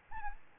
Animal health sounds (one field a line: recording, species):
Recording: mosquito wingbeat signal from an infrared sensor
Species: Aedes albopictus